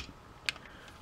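Pressing on the sides of a plastic part on a Transformers Titans Return Voyager Megatron robot figure frees it from its clips. A single sharp click is heard at 0.5 seconds, with a faint softer tick shortly after. The part is released from its clips.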